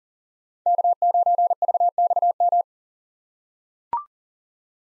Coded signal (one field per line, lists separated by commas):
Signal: Morse code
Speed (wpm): 40 wpm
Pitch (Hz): 700 Hz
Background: none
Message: K9VXM